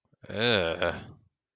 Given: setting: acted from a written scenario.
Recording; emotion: vocal sound without words; disgust